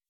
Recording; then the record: hydrophone in a shrimp aquaculture tank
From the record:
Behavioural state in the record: weakened